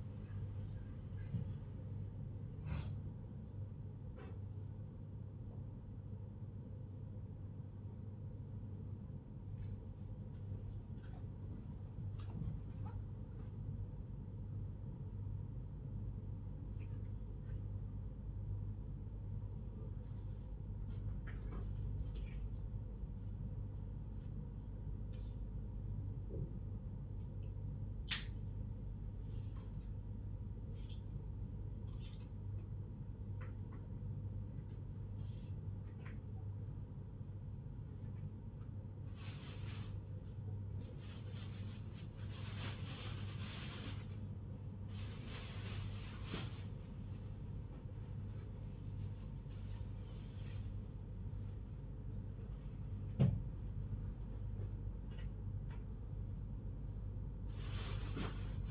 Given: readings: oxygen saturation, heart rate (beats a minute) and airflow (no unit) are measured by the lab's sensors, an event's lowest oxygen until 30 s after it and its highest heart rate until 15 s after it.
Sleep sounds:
a person awake in a sleep study, by a smartphone at the bedside; none
none scored
From the record:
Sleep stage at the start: awake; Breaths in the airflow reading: 17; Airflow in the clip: -0.7 to 0.7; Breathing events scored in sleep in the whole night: 158 in 7.3 hours asleep

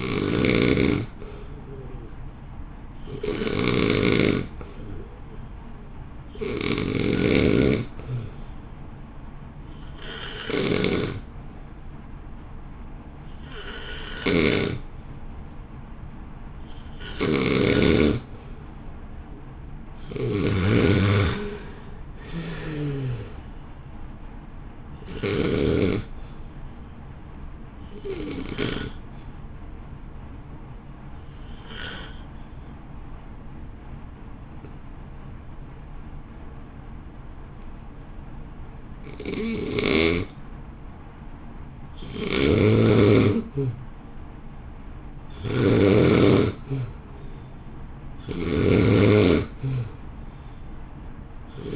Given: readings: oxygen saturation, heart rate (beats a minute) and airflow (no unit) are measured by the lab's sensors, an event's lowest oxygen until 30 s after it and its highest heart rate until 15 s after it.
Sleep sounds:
breathing in sleep by a smartphone at the bedside; 2
8.00-22.00 s: hypopnea (N2, oxygen 90% highest, then 87% lowest, heart rate 59 at the start, 62 highest)
30.00-45.60 s: hypopnea (N2, oxygen 89% highest, then 86% lowest, heart rate 55 at the start, 59 highest)
From the record:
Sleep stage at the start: N2 (light sleep); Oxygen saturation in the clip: 87 to 93%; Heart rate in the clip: 53 to 62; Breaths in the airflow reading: 20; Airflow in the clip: -2.5 to 2.7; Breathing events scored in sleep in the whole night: 328 in 6.3 hours asleep

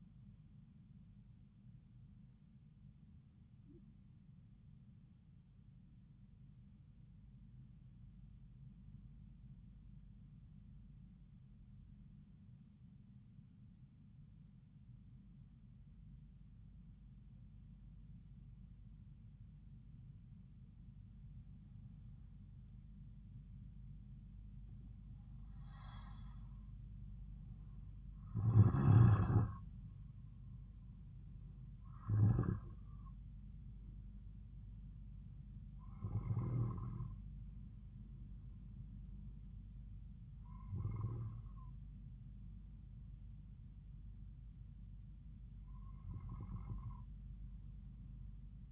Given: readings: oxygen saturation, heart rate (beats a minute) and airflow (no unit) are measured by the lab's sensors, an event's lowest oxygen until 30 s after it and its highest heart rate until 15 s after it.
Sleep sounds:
breathing in sleep by a smartphone at the bedside; 1
5.00-31.40 s: hypopnea (N2, oxygen 96% highest, then 90% lowest)
From the record:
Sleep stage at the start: N2 (light sleep); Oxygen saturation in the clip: 90 to 96%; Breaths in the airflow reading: 10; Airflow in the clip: -3.8 to 5.2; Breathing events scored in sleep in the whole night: 270 in 6.1 hours asleep

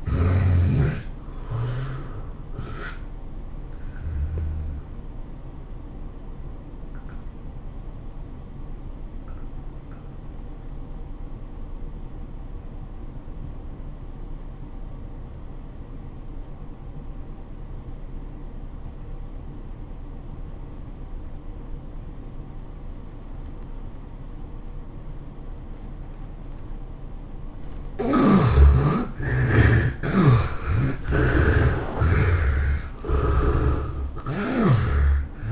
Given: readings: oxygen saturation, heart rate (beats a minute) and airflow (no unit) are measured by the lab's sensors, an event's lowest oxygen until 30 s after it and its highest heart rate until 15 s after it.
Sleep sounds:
breathing in sleep by a smartphone at the bedside; 1
3.00-28.10 s: hypopnea (N2, oxygen 91% highest, then 69% lowest, heart rate 109 at the start, 109 highest)
From the record:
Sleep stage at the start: N2 (light sleep); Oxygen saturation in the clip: 70 to 91%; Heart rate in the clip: 76 to 109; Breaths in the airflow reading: 6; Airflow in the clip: -14.5 to 16.2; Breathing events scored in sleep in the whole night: 403 in 5.5 hours asleep

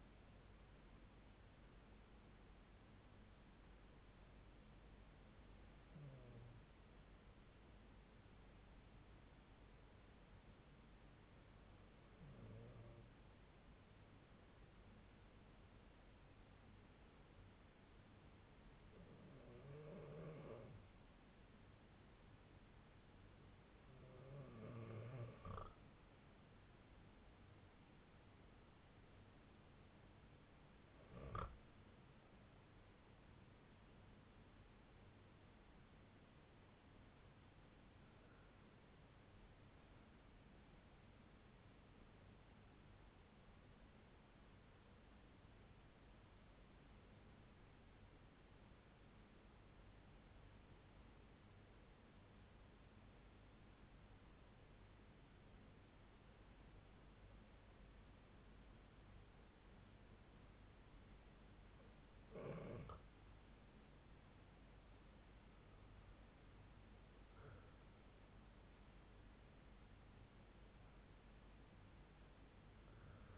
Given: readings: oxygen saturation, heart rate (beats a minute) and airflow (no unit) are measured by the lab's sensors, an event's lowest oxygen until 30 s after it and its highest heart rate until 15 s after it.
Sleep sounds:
breathing in sleep by a voice recorder at the bedside; 2
5.00-31.60 s: hypopnea (N1, oxygen 95% highest, then 93% lowest)
43.00-62.30 s: hypopnea (N1, oxygen 96% highest, then 91% lowest)
From the record:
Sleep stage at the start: N1 (lightest sleep); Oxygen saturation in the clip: 92 to 96%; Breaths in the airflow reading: 9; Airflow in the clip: -8.1 to 9.3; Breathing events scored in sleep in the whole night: 368 in 8.0 hours asleep

